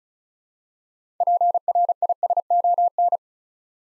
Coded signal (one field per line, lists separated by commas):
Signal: Morse code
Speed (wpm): 36 wpm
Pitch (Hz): 700 Hz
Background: none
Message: PRISON